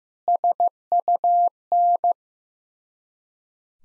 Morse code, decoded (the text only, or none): SUN